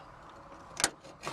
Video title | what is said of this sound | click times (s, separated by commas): Door Latch and Handle Replacement Classic Gbody Garage | and that clip snaps into place just like that so that prevents the rod coming | 0.8 s